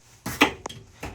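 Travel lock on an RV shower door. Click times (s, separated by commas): 0.4 s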